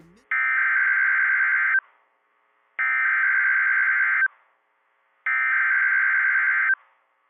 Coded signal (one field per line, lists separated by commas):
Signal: Emergency Alert System (SAME) tones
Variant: header bursts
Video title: (Online #EAS #4-12) for the multi-state Severe Weather Outbreak on 5/16/2025 + WEIRD EAS GLITCH!?